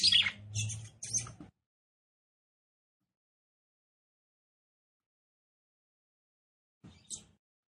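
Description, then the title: Red-cowled cardinal, female, gives a quick cluster of three high, scratchy chirps, then a long pause and one more chirp near the end. Female song, described as fiery and nervous, said to excite and fire up the male red-cowled cardinal quickly. "CANTO DA FÊ MEA GALO CAMPINA FOGOSA LEVANTA FOGOESQUENTA GALO CAMPINA MACHO RAPIDINHO FÊ MEA NERVOSA"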